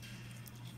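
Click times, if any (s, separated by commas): none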